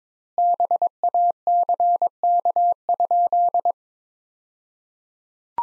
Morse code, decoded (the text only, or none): BACK?